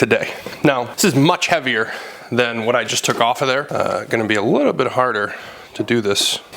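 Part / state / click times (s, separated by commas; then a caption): snow thrower attachment onto a cordless tool power head shaft / not seated / none. A heavy Ryobi snow thrower attachment, heavier than the part just removed, is handled while it is about to be pushed onto the greased spindle shaft of a cordless tool power head. Someone talks throughout. Nothing has seated or clicked yet.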